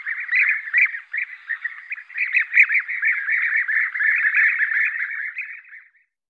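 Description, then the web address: European bee-eater flock calls, overlapping trilled, burry notes forming a busy chorus with brief lulls, then tailing off at the end. Recorded at a wetland in Sissonne, France. "Sissonne Environnement Audiosflashcodes -Gue epier-d europe"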